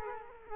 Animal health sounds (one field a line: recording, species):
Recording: mosquito wingbeat signal from an infrared sensor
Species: Culex quinquefasciatus